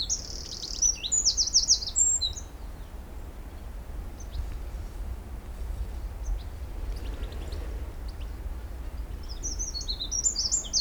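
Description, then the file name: Eurasian wren delivering a short burst of high, rapid trilled notes at the start and another brief burst at the very end, with low rumbling noise in between. "Troglodytes troglodytes"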